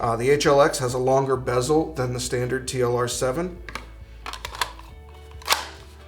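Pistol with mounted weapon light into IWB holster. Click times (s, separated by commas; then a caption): 4.6 s. A Glock 17 Gen 4 pistol fitted with a TLR-7 HLX weapon light is pushed into a polymer IWB holster with a light retention device. Someone talks, then a quick series of sharp clicks follows. The pistol snaps into place at 4.6 s and is seated.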